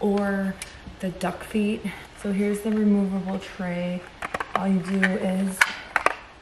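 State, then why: Seated. Someone talks while a removable plastic tray is pushed onto the arm levers of a hiccapop OmniBoost portable booster seat. The tray latches on with two sharp plastic snaps at 6.0 s and 6.1 s, and it is seated in place.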